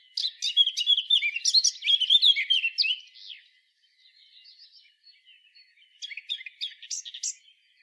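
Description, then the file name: Eurasian blackcap warbling: an energetic stretch of rapid, jumbled chirps and twitters for about three seconds, a soft quiet interlude, then a shorter lively burst. "Sylvia atricapilla"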